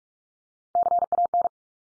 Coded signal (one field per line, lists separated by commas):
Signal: Morse code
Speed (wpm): 44 wpm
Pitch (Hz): 700 Hz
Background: none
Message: CAN